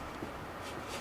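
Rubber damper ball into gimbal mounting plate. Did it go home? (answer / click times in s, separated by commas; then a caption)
no / none. A rubber damper ball is being pushed into the gimbal mounting plate of a Zenmuse H3-3D gimbal on a Phantom 2, meant to go only over the first ridge because pushing it further degrades video quality. Only soft, steady handling and rubbing noise is heard, with a faint bump around 0.2 s. Nothing has seated or clicked yet.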